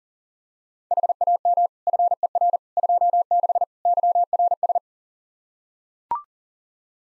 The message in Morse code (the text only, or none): HAM FER 26 YRS